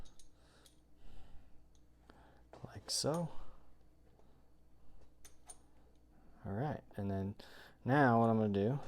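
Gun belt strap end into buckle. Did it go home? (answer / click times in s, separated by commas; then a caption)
no / none. The cut end of a Kore Essentials gun belt strap is fed into the hole of the buckle, with faint handling ticks and taps around 0.2, 2.1, 2.5 and 5.3 seconds while someone talks. The strap end is only being positioned, so nothing has clicked or seated yet, and the buckle's clamp teeth have not been closed on it.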